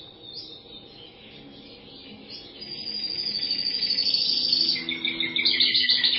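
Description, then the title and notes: Bird trill, a faint twitter building into a loud, rapid, buzzy high trill that holds for several seconds. "Bird Sound. Kicau Burung Lengkap"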